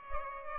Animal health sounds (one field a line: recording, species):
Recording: mosquito wingbeat signal from an infrared sensor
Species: Culex pipiens